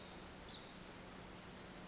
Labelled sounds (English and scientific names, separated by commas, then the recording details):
Pacific Wren (Troglodytes pacificus)
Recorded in Sonoma County, California